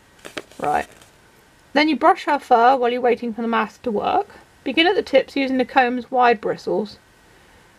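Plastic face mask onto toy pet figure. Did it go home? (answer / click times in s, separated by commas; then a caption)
yes / 0.4 s. A plastic magic face mask is pressed onto a toy pet figure and gives a sharp click at 0.4 s as it snaps into place. The mask is seated, and someone talks afterward.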